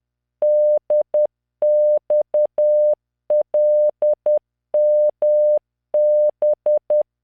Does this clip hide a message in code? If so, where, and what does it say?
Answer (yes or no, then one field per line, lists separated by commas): yes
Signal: Morse code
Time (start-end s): 0.4-7.0 s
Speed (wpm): 10 wpm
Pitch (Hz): 600 Hz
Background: none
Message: DXLMB